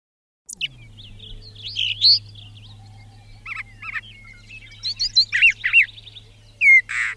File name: suara kicauan brown thraser. omkicau